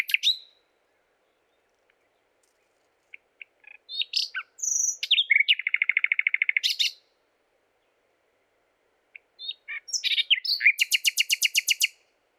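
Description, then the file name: Common nightingale song: a few sharp chips, then a long rapid trill of repeated notes, a pause, and another fast series of loud repeated notes. "Luscinia megarhynchos"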